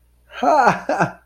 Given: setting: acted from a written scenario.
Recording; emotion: vocal sound without words; amusement